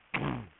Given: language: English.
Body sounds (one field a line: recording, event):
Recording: throat vibration sensor signal played as sound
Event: throat clearing